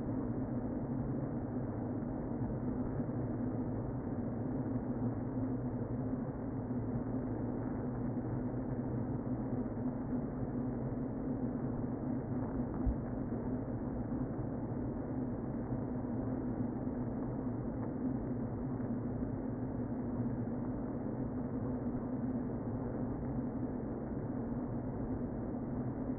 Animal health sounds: honeybee colony, microphone inside the hive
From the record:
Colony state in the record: queen present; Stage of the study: before two queens were removed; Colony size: about 60,000 bees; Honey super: yes

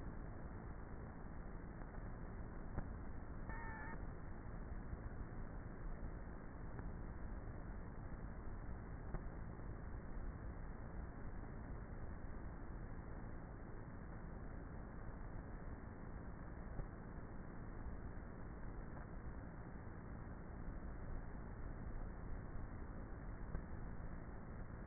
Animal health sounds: honeybee colony, microphone inside the hive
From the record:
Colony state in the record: queenless with a low population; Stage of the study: before two queens were removed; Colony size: about 30,000 bees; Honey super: no

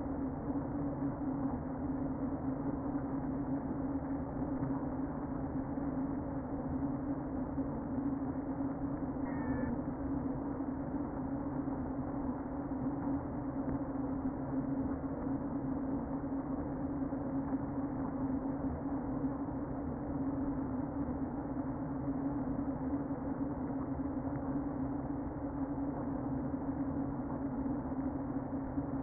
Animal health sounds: honeybee colony, microphone inside the hive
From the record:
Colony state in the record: queen present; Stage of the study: before two queens were removed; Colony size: about 60,000 bees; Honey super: yes

